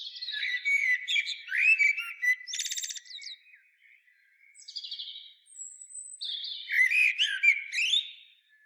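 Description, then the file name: Common blackbird with repeated warbled phrases: mellow slurred whistles mixed with shrill, squeaky twitters, a short pause midway, then another busy burst. "Turdus merula"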